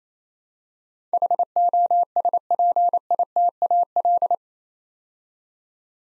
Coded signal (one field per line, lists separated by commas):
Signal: Morse code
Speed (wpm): 27 wpm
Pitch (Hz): 700 Hz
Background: none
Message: HOSPITAL